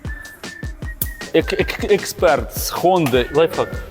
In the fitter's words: І до щелочка. Щелч. До щелчка.